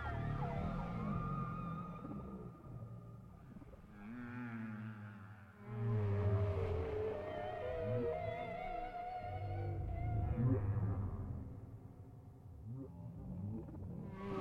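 Whale song of deep groans and wavering tonal moans, swelling and fading in loudness, over low rumble throughout.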